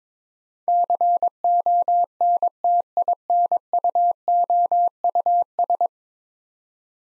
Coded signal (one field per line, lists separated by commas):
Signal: Morse code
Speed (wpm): 22 wpm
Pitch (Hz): 700 Hz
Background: none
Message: CONTINUOUS